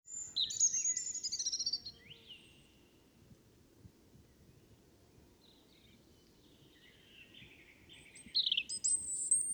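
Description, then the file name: European robin singing loud bursts of high, tinkling, varied phrases with sliding notes at the start and end, with quieter song between and a constant low hum underneath. "Erithacus rubecula"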